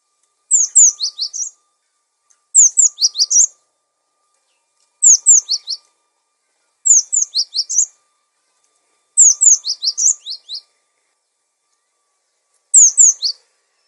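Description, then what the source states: Songbird repeating a bright, fast phrase of falling slurred notes six times, fairly regularly, against a quiet background. Masteran recording for training songbirds.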